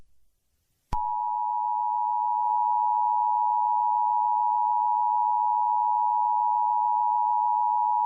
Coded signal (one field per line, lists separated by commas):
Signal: Emergency Alert System (SAME) tones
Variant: 853 and 960 Hz attention tone